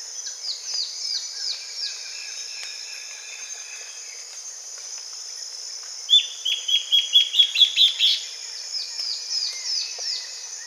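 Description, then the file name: Bird calls: scattered faint downward-sliding notes, then a fast burst of about nine ringing chips late on, set against a continuous high-pitched whine. "SABIOD 50 bird 2015"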